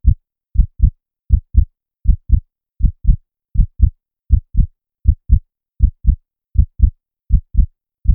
Heartbeat 80bpm.